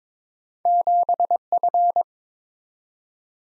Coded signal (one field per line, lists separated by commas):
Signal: Morse code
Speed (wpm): 22 wpm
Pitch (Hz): 700 Hz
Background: none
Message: 7F